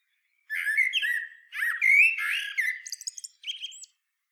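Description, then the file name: Common blackbird song: low, mellow fluted warbling phrases that run into a squeaky, high-pitched twittering flourish at the end. "Turdus merula"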